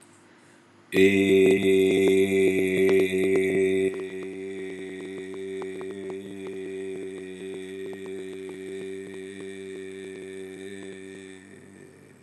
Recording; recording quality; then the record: sustained vowel as in made; excellent, no background noise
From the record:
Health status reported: healthy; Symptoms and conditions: cough, cold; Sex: male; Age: 52 years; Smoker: not ticked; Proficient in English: yes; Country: India